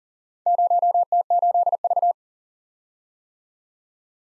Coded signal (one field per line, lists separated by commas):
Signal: Morse code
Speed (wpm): 38 wpm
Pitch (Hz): 700 Hz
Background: none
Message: 0T8V